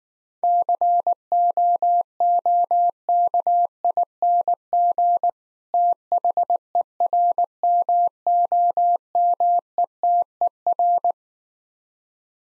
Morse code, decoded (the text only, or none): COOKING THERMOMETER